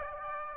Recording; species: mosquito wingbeat signal from an infrared sensor; Aedes aegypti